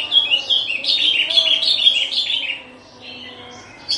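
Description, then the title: Horsfield's bush lark song, a rich twittering warble for over two seconds, then softer scattered notes and a final sharp chirp. Recorded in Situbondo, East Java, Indonesia. "Branjangan Javanica Ktp Situbondo Jatim"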